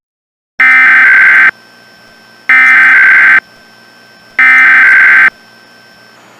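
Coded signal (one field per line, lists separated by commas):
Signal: Emergency Alert System (SAME) tones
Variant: header bursts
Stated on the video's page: Mock required monthly test on a fictional cable headend character generator, with valid tones.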